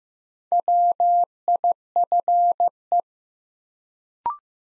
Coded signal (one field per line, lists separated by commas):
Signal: Morse code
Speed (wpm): 15 wpm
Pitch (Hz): 700 Hz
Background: none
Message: WIFE